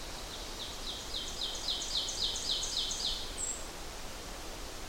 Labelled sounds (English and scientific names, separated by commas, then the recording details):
Ovenbird (Seiurus aurocapilla) song
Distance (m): 55 m
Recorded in boreal forest in Alberta, Canada, on 12 June 2016 at 06:11
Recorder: SongMeter 3, array SBT-3-18
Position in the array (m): 68 m, 308 m
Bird 32